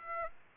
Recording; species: mosquito wingbeat signal from an infrared sensor; Aedes aegypti